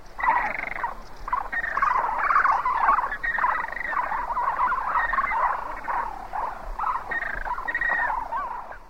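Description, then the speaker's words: James's Flamingos calling together, a continuous grumbling chatter of rough, nasal gabbling notes overlapping without pause throughout. Several James's flamingos, also called Puna flamingo, recorded in Bolivia. "Next, we have some James's flamingos recorded in Bolivia."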